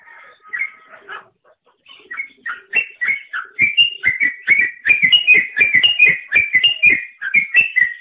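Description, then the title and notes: Bird song starting with a few soft scattered notes, then building into a loud, steady run of sharp whistled notes that alternate in pitch. "Bird Sound. Kicau Burung Lengkap"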